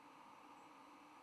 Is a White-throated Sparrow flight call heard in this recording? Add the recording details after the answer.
yes. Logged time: 08:38 on 10 November 2014